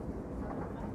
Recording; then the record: background sound without coughing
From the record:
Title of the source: Train Ride Ambience ambient white noise for sleeping, focus, studying, reading